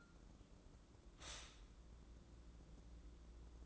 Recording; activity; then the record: daily activity, microphone in the room; stop toaster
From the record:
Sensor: 3